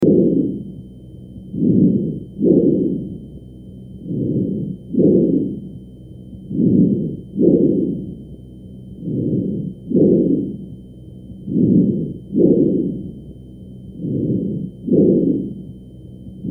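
Loud, harsh, hollow breathing in both inspiration and expiration, about 22 breaths a minute, heard over the trachea in an adult: normal tracheal (bronchial) breath sounds.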